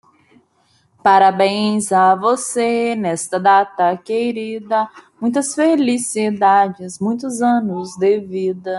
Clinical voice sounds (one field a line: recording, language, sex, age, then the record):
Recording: short text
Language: Brazilian Portuguese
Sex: female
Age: 20 to 29 years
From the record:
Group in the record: control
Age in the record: 29 years